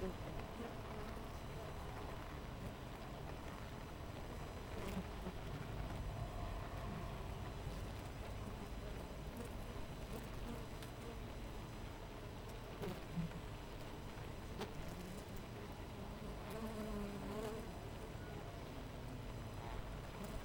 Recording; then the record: honeybee colony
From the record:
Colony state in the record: missing queen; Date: 14 July 2017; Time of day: 6:40